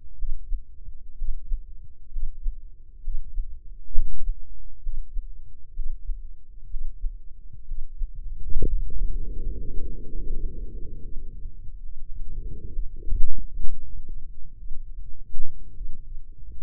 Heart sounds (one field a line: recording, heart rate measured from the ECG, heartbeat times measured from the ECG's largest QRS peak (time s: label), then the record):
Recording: heart sounds by microphone in the left ear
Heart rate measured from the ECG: 66 bpm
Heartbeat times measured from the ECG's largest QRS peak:
0.16 s: heartbeat
1.15 s: heartbeat
2.09 s: heartbeat
3.01 s: heartbeat
3.91 s: heartbeat
4.80 s: heartbeat
5.73 s: heartbeat
6.67 s: heartbeat
7.65 s: heartbeat
8.64 s: heartbeat
9.40 s: heartbeat
10.24 s: heartbeat
10.99 s: heartbeat
11.80 s: heartbeat
12.70 s: heartbeat
13.55 s: heartbeat
14.54 s: heartbeat
15.72 s: heartbeat
From the record:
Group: healthy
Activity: Valsalva maneuver 0-7 s, rest 7-17 s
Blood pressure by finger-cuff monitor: 127/73 mmHg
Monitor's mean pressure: 92 mmHg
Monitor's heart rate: 65 bpm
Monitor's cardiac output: 5.8 L/min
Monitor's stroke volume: 90 mL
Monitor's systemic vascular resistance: 1100 dyn s/cm5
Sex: female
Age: 23 years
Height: 160 cm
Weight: 50.4 kg